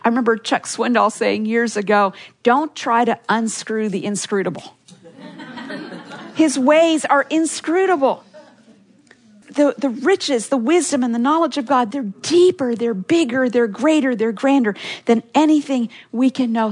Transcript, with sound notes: I remember Chuck Swindoll saying years ago, “Don’t try to unscrew the inscrutable.” (laughter) His ways are inscrutable. The riches and the wisdom of the knowledge of God, they’re deeper, they’re bigger, they’re greater, they’re grander than anything we can know.